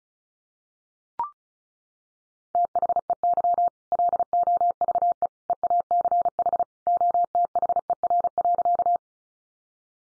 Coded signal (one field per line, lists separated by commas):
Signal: Morse code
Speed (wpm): 34 wpm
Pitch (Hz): 700 Hz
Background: none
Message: THEY LOVE EACH OTHER.